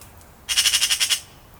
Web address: SETE data Pica pica